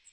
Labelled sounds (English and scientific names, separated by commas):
Magnolia Warbler (Setophaga magnolia) flight call